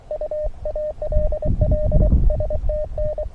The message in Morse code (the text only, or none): U ALL STN